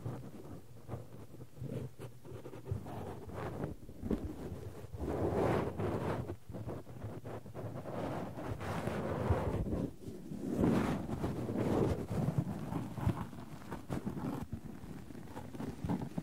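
Cotton is rubbed and pulled, with tweezers working at it, making a thick, continuous rustling and scratching with a soft, windy hiss. The sound swells in louder rushing waves around six and eleven seconds, with quick sharp ticks scattered throughout.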